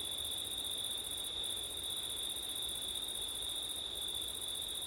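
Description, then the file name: A chorus of crickets trilling high and unbroken, the higher buzz pausing twice for a moment, over a light wind hiss. Crickets recorded on a September night with wind; ortif (ORTF) microphone setup. "crickets wind september night ortif"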